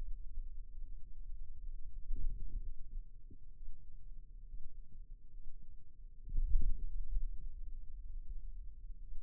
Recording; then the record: forearm muscle sounds (acoustic myography)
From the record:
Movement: radial deviation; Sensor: system 2, bracelet of six BSWA MPA416 microphones around the upper forearm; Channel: 6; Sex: male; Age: 22 years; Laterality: right